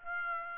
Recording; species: mosquito wingbeat signal from an infrared sensor; Aedes aegypti